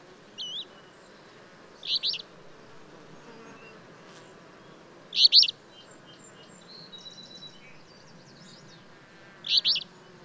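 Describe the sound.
Bird song of brief high chirps in small clusters, spaced irregularly every few seconds, with a faint softer twitter midway over a quiet background.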